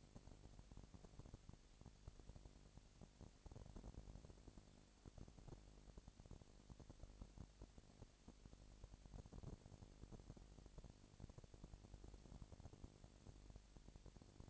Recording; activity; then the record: daily activity, microphone in the room; no activity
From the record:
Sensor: 5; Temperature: 20.1 degrees Celsius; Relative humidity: 38.2%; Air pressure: 998.9 hPa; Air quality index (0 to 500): 218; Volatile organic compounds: 24 ppm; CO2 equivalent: 2811 ppm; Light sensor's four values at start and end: 2/3/1/1 and 2/3/1/1